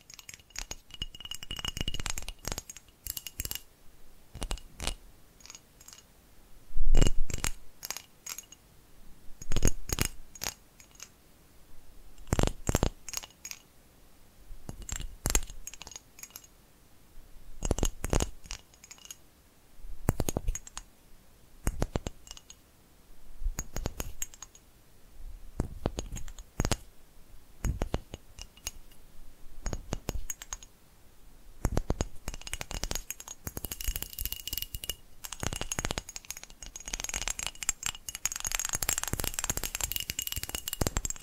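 Brain-tapping triggers in irregular bursts of sharp taps and clicks, with short pauses between clusters. The taps are crisp and rattly, some with a faint glassy ring. In the last ten seconds the sound turns to a denser, brighter scratching and rustling.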